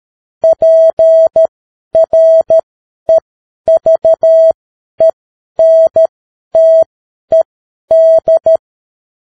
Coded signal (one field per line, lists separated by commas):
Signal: Morse code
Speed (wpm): 13 wpm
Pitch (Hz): 650 Hz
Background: none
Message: PREVENTED